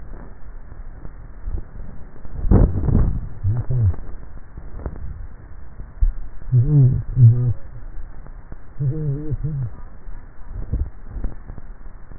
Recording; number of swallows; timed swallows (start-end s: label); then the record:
swallowing sounds by neck microphone; 1
2.88-3.87 s: swallow
From the record:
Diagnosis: dysphagia